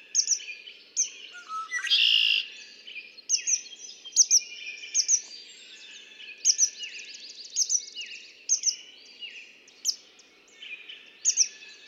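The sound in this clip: Red-winged blackbird song: a buzzy burst early on, amid a dense run of high chips, quick trills and whistles.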